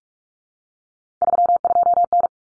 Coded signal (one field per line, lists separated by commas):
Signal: Morse code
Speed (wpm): 44 wpm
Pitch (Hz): 700 Hz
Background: none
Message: 32N